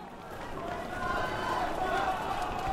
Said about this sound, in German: Dann wabert Tränengas wie dichter Nebel über die Kreuzung. Die Leute weichen zurück. Urplötzlich und von Panik erfasst, beginnen alle zu rennen. Ich renne mit, als ginge es um mein Leben.